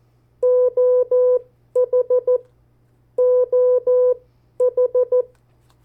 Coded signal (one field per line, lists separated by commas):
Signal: Morse code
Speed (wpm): 14 wpm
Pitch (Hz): 500 Hz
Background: none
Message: OH OH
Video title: 50 State Abbreviations, Variable speeds, in CW Video #4